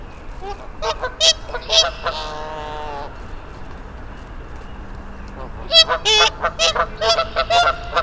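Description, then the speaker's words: Goose honking in bursts, short nasal calls with a steady drawn note midway, then a rapid cluster of honks toward the end. Geese on the frozen pond at Mud Pond nature refuge, Vermont; companions arrived from the south, then about 15 minutes of group calling before the geese flew on; parabolic microphone. "After about 15 minutes of goose conversation, they flew on to their destination"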